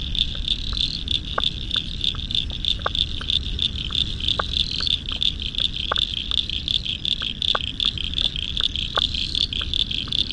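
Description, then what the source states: Chorus of frogs giving sharp, brief clicks at uneven intervals over an unbroken high trilling drone and faint low rumble. Spring frog chorus at dusk beside the South Pacific Ocean, Royal National Park, Australia, November 2015.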